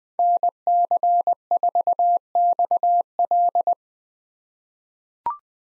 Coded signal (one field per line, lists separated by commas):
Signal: Morse code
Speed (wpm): 20 wpm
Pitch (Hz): 700 Hz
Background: none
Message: NC4XL